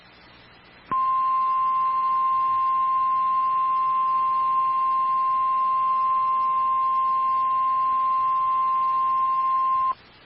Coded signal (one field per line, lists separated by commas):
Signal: Emergency Alert System (SAME) tones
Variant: 1050 Hz attention tone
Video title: [EAS] DESTRUCTIVE Severe Thunderstorm Warning for Wichita, KS [100 MPH WINDS!] (June 17, 2025)